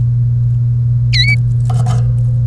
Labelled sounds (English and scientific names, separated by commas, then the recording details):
Domestic Canary (Serinus canaria) song
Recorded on 1 May 2018 at 08:23
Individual llb3